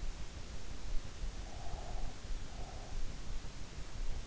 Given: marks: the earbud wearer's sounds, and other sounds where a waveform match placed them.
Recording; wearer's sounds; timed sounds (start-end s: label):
sounds in sleep by an in-ear microphone; breath
0.96-3.42 s: breath